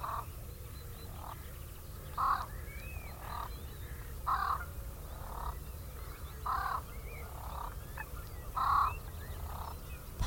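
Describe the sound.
Great crested grebe giving harsh, rasping, braying calls in short bursts about every two seconds, with many small birds chirping and twittering behind and a steady low rumble.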